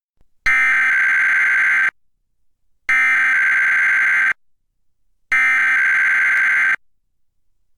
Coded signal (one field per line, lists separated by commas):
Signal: Emergency Alert System (SAME) tones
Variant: header bursts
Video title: EAS #476: EAS Required Weekly Test- Mar. 15, 2021- 11:29AM PDT